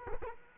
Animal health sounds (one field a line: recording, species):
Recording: mosquito wingbeat signal from an infrared sensor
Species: Culex quinquefasciatus